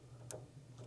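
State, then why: Seated. A thermistor wire pin is pushed into a bottom plug hole of a hotend wiring terminal block with help from a 2mm hex driver. It snaps in with one sharp, bright click at 0.3 s over a steady low hum, and the pin is seated.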